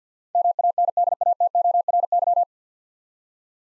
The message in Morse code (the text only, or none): MANDATORY